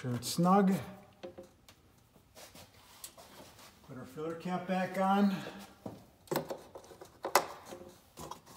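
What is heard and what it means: Someone talks while handling the plastic oil filler cap, putting it back onto the engine's filler neck on a 2016 Mercedes-Benz GLA 45 AMG during an oil change, to turn it until it snaps into place. Brief, sharp handling knocks are heard, the loudest near 6.3 and 7.4 seconds. The cap has not yet seated or clicked by the end of the clip.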